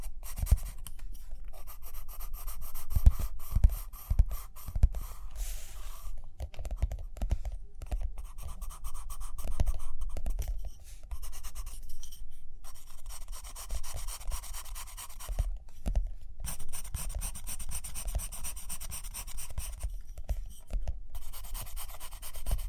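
Paper handling and writing fill the 23 seconds: soft scratchy strokes and rubbing, with dull low taps scattered throughout, stronger near 3 and 6 seconds. The scraping comes in bursts separated by brief quiet gaps around 12, 16 and 20 seconds.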